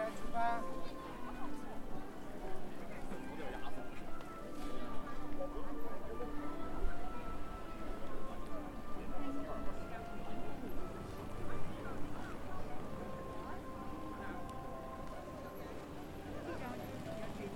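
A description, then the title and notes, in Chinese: A busy pedestrian street, Zhongjie in Shenyang, with a dense, steady murmur of many voices throughout. Clear tones from music or announcements drift through the crowd noise, and faint footsteps and clattering sounds come and go over the eighteen seconds. 沈阳，中街。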